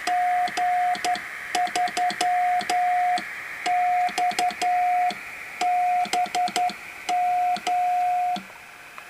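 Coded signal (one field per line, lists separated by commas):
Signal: Morse code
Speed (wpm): 11 wpm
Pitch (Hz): 720 Hz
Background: radio noise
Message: G3XBM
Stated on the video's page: Homebuilt 14-part 80m CW micro-transceiver with crystal and earpiece, about 100-120mW output.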